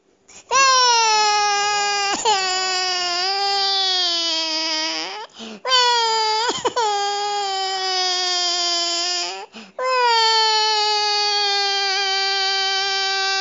Baby Crying.